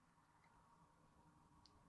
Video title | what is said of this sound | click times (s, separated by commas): Ellis Clark Trains How to Series - Episode 8 - Running Your Black 5 | you'll feel hear a pop it pops in that's it that's that relocated | 1.7 s